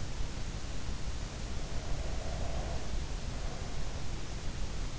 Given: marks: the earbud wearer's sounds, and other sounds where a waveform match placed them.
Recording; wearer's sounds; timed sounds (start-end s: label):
sounds in sleep by an in-ear microphone; breath
1.58-4.31 s: breath